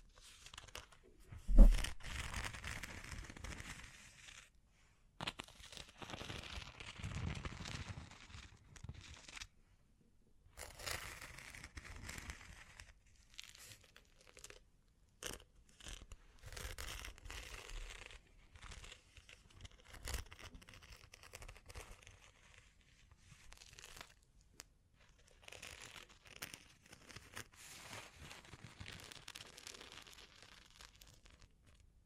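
Bling bling triggers: soft crinkling, crunching rustles in irregular bursts with short silences, a sharp knock near two seconds, and quick ticks throughout.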